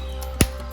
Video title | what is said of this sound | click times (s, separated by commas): ULTIMATE Jurassic World Dinosaur Collection! NEW T Rex, I Rex, Spinosaurus, Raptor Dinosaurs | clicks right in let's see so this figure has one action button on it | 0.4 s